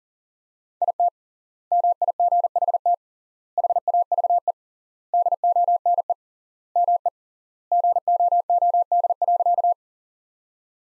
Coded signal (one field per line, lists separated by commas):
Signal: Morse code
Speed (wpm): 40 wpm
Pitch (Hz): 700 Hz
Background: none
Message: IT MIGHT HAVE DONE ME GOOD.